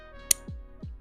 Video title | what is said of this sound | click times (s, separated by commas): An amateur paints something LIVE! | click that click though it's a it's the best feeling | 0.3 s